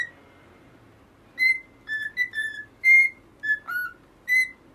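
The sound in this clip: Cockatiel whistles, several clear short notes after a quiet opening.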